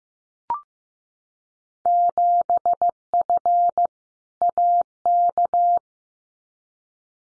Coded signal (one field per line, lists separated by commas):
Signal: Morse code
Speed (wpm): 15 wpm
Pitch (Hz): 700 Hz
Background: none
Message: 7F AK